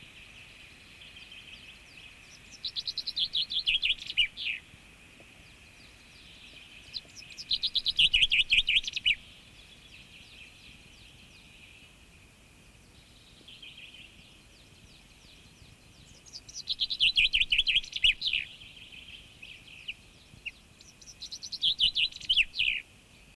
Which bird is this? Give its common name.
Common Chaffinch